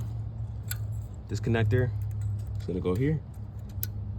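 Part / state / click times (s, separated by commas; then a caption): electrical connector into alternator / seated / 3.8 s. A plastic electrical connector is pushed into place on the alternator of a 2014/2015 Honda Civic EX during an alternator replacement, while someone talks. A single sharp click is heard at 3.8 s as the connector seats.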